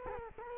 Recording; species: mosquito wingbeat signal from an infrared sensor; Culex quinquefasciatus